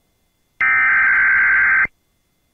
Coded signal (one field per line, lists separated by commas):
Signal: Emergency Alert System (SAME) tones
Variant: header bursts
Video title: EAS #241: Tornado Emergency For Tupelo Mississippi (Credit To PittsburghEAS)